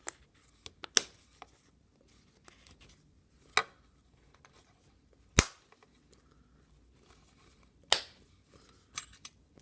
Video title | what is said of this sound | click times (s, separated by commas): Dodge Caravan 2015 Keyfob replacement battery | it all up you'll hear the snaps kay | 0.1 s, 1.0 s, 3.6 s, 5.4 s, 7.9 s